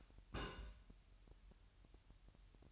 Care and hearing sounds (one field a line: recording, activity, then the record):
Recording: daily activity, microphone in the room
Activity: place on stove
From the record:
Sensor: 2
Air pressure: 1001.9 hPa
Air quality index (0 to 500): 241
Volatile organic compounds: 31 ppm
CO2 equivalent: 2990 ppm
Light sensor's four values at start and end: 5/11/4/4 and 5/11/4/4